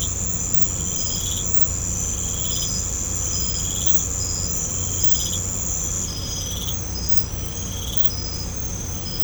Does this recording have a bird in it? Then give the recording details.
no. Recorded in pastures near Puerto Asís, Putumayo, Colombia, on 16 December 2024 at 23:30. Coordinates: 0.505, -76.324. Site G063